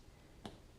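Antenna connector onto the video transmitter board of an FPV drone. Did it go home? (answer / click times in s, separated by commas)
yes / 0.4 s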